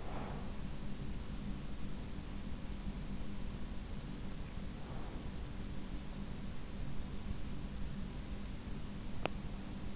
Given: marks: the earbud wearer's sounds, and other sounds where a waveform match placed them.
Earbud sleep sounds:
sounds in sleep by an in-ear microphone; breath
0.00-0.57 s: breath

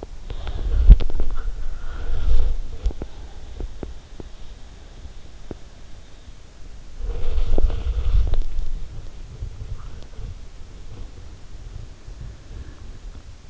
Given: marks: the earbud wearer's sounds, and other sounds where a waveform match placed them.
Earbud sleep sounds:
sounds in sleep by an in-ear microphone; body movement, breath
0.00-13.49 s: body movement
1.27-4.64 s: breath

